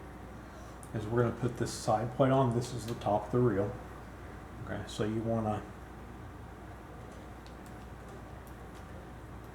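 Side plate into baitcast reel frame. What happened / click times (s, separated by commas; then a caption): Side plate positioned on the frame, not yet seated / none. Someone talks while the side plate of an Abu Garcia Revo SX baitcast reel is lined up and set onto the reel frame, ready to be rotated down. The speech runs from about 1 to 5.6 seconds, followed by quiet with only faint ticks of handling. The side plate has not seated or clicked yet.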